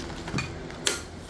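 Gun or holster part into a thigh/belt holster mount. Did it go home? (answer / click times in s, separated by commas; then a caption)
yes / 0.9 s. A holster component or the gun is pressed into a polymer thigh or belt holster mount, with soft handling noise and a small knock around 0.4 s. It snaps into place with a sharp, bright click at 0.9 s and seats.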